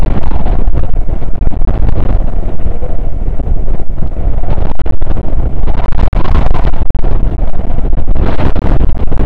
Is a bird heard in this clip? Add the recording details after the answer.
no. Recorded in the Prudhoe Bay oil fields, Alaska, on 9 August 2019 at 00:00. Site 29